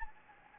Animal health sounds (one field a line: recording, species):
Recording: mosquito wingbeat signal from an infrared sensor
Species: Anopheles gambiae